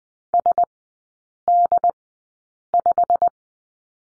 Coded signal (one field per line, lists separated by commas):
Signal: Morse code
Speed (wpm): 20 wpm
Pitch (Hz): 700 Hz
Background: none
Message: SD5